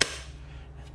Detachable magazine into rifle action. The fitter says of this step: that like that locks in the